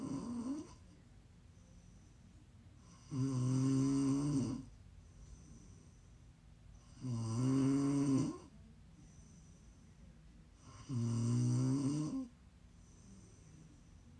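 Loud snoring comes in slow rasping breaths roughly every four seconds, each lasting about a second and a half, with quiet between.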